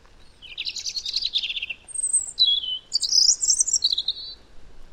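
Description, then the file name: European robin song: a shimmering high warble, then a thin whistle and a run of tumbling, varied high notes in quick succession. "Erithacus rubecula"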